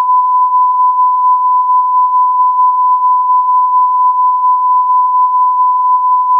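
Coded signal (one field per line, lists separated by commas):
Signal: radio time signal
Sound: a steady pure tone near 1 kHz, unchanging for about six seconds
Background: faint radio noise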